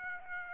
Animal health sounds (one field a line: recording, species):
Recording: mosquito wingbeat signal from an infrared sensor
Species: Aedes aegypti